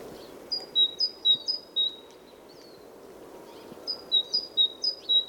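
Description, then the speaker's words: Great tit song in two strophes of repeated high two-note phrases, separated by a short pause, against a wash of wind in trees. Great tit singing in winter by a lake in a national park in Sweden, with wind through the trees in the background. "It's actually an excellent opportunity to record common species, such as this singing great tit."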